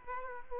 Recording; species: mosquito wingbeat signal from an infrared sensor; Aedes aegypti